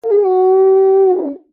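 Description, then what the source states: Dog giving one steady, drawn-out howl at an even pitch, dropping and fading at the very end. Old dog howling.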